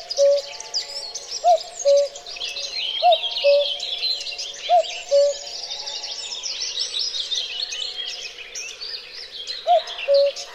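Cuckoo calling its two-note cu-ckoo, a higher note dropping to a lower steady one, repeated roughly every one and a half seconds, then once more after a pause of about four seconds, over a busy chorus of other birds.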